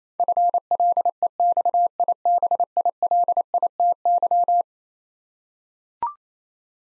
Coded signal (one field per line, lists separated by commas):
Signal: Morse code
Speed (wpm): 28 wpm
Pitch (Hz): 700 Hz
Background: none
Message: FLEXIBILITY